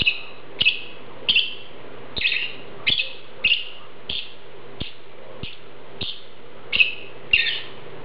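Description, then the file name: Lovebird calls, harsh high chirps repeated steadily a little under twice a second, with a low background hum. "Prostaya fauna Golosa ptic - Nerazluchniki lat Agapornis (Zvyki com)"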